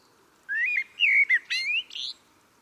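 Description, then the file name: Common blackbird singing one short phrase of mellow whistled notes that rise to a squeaky, scratchy flourish at the end. "Turdus merula"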